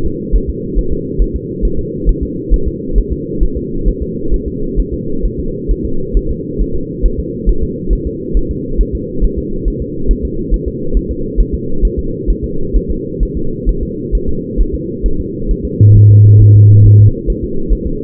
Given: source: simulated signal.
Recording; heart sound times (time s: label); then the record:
fetal heart sounds
0.06 s: S2
0.35 s: S1
0.50 s: S2
0.78 s: S1
0.93 s: S2
1.22 s: S1
1.36 s: S2
1.65 s: S1
1.79 s: S2
2.09 s: S1
2.23 s: S2
2.54 s: S1
2.68 s: S2
2.98 s: S1
3.12 s: S2
3.43 s: S1
3.57 s: S2
3.88 s: S1
4.02 s: S2
4.34 s: S1
4.48 s: S2
4.79 s: S1
4.94 s: S2
5.25 s: S1
5.40 s: S2
5.71 s: S1
5.85 s: S2
6.17 s: S1
6.31 s: S2
6.61 s: S1
6.75 s: S2
7.06 s: S1
7.20 s: S2
7.49 s: S1
7.63 s: S2
7.93 s: S1
8.07 s: S2
8.37 s: S1
8.51 s: S2
8.81 s: S1
8.95 s: S2
9.24 s: S1
9.38 s: S2
9.68 s: S1
9.82 s: S2
10.11 s: S1
10.25 s: S2
10.54 s: S1
10.68 s: S2
10.97 s: S1
11.11 s: S2
11.40 s: S1
11.54 s: S2
11.85 s: S1
11.99 s: S2
12.30 s: S1
12.44 s: S2
12.77 s: S1
12.91 s: S2
13.23 s: S1
13.37 s: S2
13.69 s: S1
13.83 s: S2
14.15 s: S1
14.29 s: S2
14.61 s: S1
14.75 s: S2
15.06 s: S1
15.20 s: S2
15.51 s: S1
15.65 s: S2
15.97 s: S1
16.11 s: S2
16.42 s: S1
16.56 s: S2
16.86 s: S1
17.00 s: S2
17.30 s: S1
17.44 s: S2
17.72 s: S1
17.87 s: S2
From the record:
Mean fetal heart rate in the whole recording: 135 bpm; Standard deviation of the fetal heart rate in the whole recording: 3 bpm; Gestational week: 36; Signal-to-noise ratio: -8.1 dB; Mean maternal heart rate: 72 bpm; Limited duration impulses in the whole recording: present